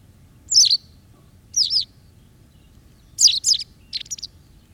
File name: White Wagtail